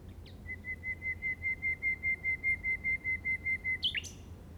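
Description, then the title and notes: Common nightingale song: one steady whistled note pulsing rapidly for over three seconds, closed by a sharp chirp. Recorded in the Llobregat Delta at 06:00 on 8 May 2015 with a Zoom recorder. "Grabación de ruiseñor común (Luscinia megarhynchos) en el Delta del Llobregat a las 06:00 del 08/05/2015."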